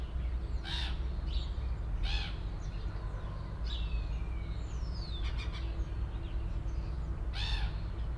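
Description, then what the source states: Gull calls, a handful of spaced harmonic squawks with a thin descending whistle midway, over a steady low rumble. Recorded at Port Chalmers in 2018.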